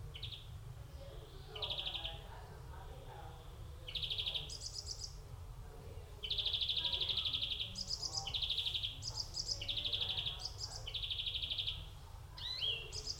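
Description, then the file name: European greenfinch delivers rattling trills, higher buzzy bursts and a few twitters in a lively sequence, over low rumble and faint background bird notes. "Chloris chloris"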